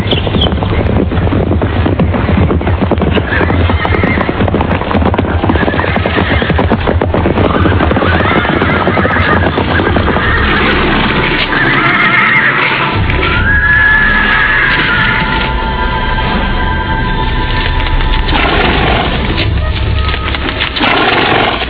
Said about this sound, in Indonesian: Memang benar, tak lama kemudian terdengar derap orang-orang berkuda semakin dekat.